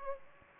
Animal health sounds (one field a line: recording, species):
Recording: mosquito wingbeat signal from an infrared sensor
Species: Aedes aegypti